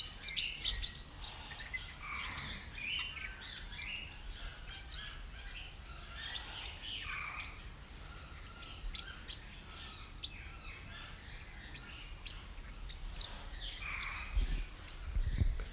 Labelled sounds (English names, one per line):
Mexican Parrotlet